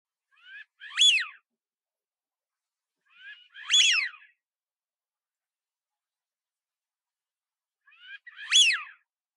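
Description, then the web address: Eurasian wigeon whistling: three loud, clear whee-oo whistles, each with a soft short note before it, spaced about three to five seconds apart in silence. "hidorigamo"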